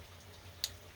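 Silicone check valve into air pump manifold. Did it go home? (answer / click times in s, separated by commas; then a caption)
yes / 0.6 s. A soft rubber/silicone check valve is pulled gently through its hole in the manifold of a Danner AP20 pond air pump until it snaps into place. A sharp tick at 0.6 s over a low hum marks the valve seating, and a fainter tick follows near 1.0 s.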